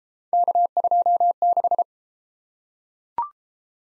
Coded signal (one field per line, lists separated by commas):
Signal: Morse code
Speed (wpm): 28 wpm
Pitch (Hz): 700 Hz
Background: none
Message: K26